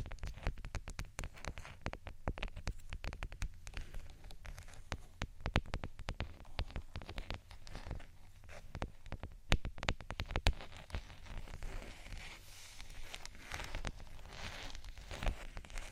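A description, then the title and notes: Scratching and tapping goes on for the whole stretch, a dense run of quick, irregular clicks and taps that patter like rain on a surface. A low rumble stays underneath. A few sharper, louder taps stand out near 9 and 10 seconds, and a rougher, brighter scraping swells after about 12 seconds. ScratchingTapping for Relaxation （No Talking）.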